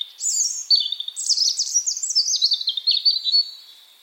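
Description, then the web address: European robin song: a fast, tumbling run of high, thin twittering notes stepping gradually downward in pitch for about three seconds. "Deverinetal 2025 File origin Bird Only Er Ru"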